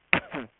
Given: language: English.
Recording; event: throat vibration sensor signal played as sound; cough